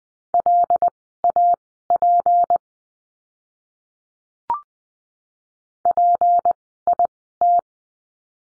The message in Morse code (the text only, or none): LAP PIT